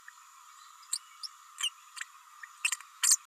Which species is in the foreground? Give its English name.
Green-rumped Parrotlet